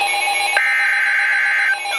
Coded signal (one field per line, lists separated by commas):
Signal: Emergency Alert System (SAME) tones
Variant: header bursts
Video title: Tornado Warning - 05/12/14 (EAS #671)